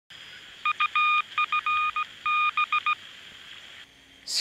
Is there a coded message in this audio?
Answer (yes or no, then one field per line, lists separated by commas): yes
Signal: Morse code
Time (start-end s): 0.7-2.9 s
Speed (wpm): 17 wpm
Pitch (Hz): 1220 Hz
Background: none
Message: UFB